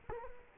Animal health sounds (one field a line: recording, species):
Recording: mosquito wingbeat signal from an infrared sensor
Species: Culex quinquefasciatus